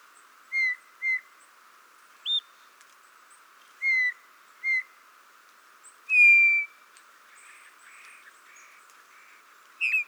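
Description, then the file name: Eurasian bullfinch calls: soft, clear, slightly falling piping whistles. Some come singly and some in quick pairs, and one longer, stronger whistle sounds near the middle. "Pyrrhula pyrrhula"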